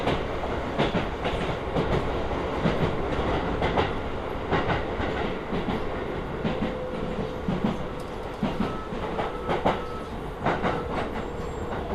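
A Hokuso Railway train runs through onto the Toei Asakusa Line, with a steady low rumble throughout and a dense layer of rattle. Brief clicks and knocks from the wheels come every second or so, and a faint whine holds a steady pitch in the middle.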